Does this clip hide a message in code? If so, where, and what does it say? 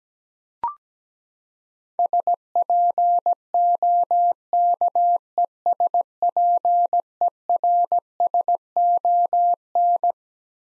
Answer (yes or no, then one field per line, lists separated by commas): yes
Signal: Morse code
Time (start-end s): 2.0-10.1 s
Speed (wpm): 17 wpm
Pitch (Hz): 700 Hz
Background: none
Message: SPOKESPERSON